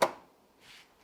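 On a Suzuki WagonR, the driver-side trunk release lever is pulled, and a sharp click is heard at 0.0 s as the tailgate latch releases. A faint, softer sound follows around 0.6–0.8 s, and the rear hatch is released open.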